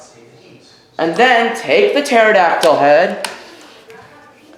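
The plastic pterodactyl head piece of a 1993 Mighty Morphin Power Rangers Megazord transforming toy robot is handled for fitting into the combined robot while someone talks, followed by a faint tap near 3.9 seconds. Nothing has seated or clicked yet.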